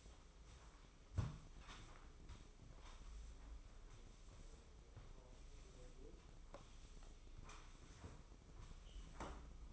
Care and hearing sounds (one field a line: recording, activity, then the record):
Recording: daily activity, microphone in the room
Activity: sweep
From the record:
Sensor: 1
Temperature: 24.1 degrees Celsius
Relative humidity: 31.5%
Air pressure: 995.9 hPa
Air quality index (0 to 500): 67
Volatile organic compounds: 3 ppm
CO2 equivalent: 1360 ppm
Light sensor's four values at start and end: 33/113/44/46 and 33/112/43/46